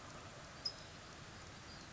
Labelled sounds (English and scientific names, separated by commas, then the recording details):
California Towhee (Melozone crissalis)
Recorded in Sonoma County, California